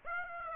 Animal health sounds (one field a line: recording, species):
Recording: mosquito wingbeat signal from an infrared sensor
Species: Aedes aegypti